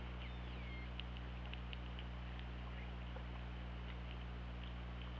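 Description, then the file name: Killer whale call: a brief descending tonal sweep near the start, followed by scattered short clicks against steady low-pitched hum and background hiss. OrcaLab, 24 August 2017, 21:06. "Orca Lab 20170824 210617"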